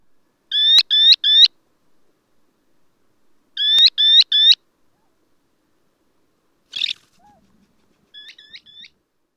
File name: Bairds Sandpiper